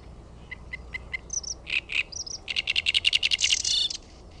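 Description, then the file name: Great reed warbler song: a few spaced clicks and squeaks, then a fast run of rasping, repeated croaky notes building into a loud chatter before stopping. "RASTASKERTTUNEN"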